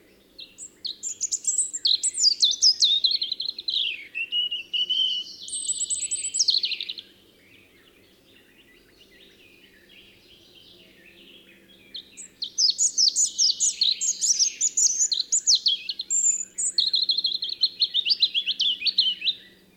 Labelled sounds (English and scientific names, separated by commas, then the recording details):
European Robin (Erithacus rubecula) song
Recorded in the wild
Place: Lütow, Insel Usedom, Mecklenburg-Vorpommern, DE
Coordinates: 54.032, 13.888
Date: 1975-06-13 04:10
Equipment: Nagra III BH, Sennheiser MD 21, parabola
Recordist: Schubert, Michael